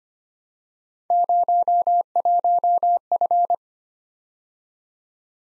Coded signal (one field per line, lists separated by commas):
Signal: Morse code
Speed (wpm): 25 wpm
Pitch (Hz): 700 Hz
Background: none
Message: 01F